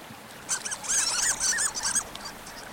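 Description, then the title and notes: Harlequin Duck squeaking: a fast series of high, looping squeaky notes, rising and falling, lasting about one and a half seconds over a soft hiss. Squeaks rather than sounding like a typical duck, earning the nickname sea mice. "Some ducks don't sound like ducks at all. Some, like the Harlequin, squeak."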